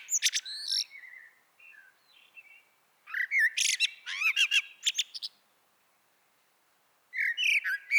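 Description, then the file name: Common blackbird song: squeaky high notes and soft low warbles, then a loud phrase of mellow whistles and sharp twitters, followed by silence and another phrase. "Turdus merula"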